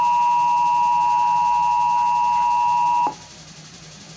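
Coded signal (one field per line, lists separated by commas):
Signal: Emergency Alert System (SAME) tones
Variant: 853 and 960 Hz attention tone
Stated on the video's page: Real Pennsylvania statewide Required Monthly Test, received from FM radio, cable box, streaming on PC, an EAS relay and TV stations.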